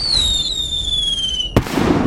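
A high, steady whistle glides slowly downward for about a second and a half, then cuts off with a sharp, loud bang that trails into a low rumble: two signal whistling arrows shot into the sky bursting in a mountain valley.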